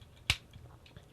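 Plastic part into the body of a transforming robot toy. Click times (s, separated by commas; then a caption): 0.3 s. A plastic part is pushed into the body of a Combiner Wars Onslaught transforming robot toy, resisting at first and then snapping home with one loud, sharp click at 0.3 s. The part is seated, and only faint small ticks follow in the quiet afterward.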